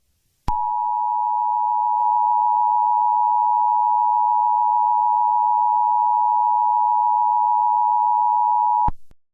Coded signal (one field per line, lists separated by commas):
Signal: Emergency Alert System (SAME) tones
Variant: 853 and 960 Hz attention tone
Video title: Vasunas Channel EAS Zombie Alert Hijacking (April 15, 2026.) (5:30 pm) Southeast Massachusetts